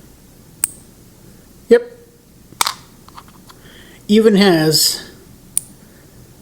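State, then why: Seated. A magnetized weapon part on a plastic miniature tank model is brought to its mount, and the magnets pull it home with a sharp click at 5.6 s, seating it. Earlier, sharp ticks sound at 0.6 s and 2.6 s, and someone talks briefly around 4.1–4.9 s.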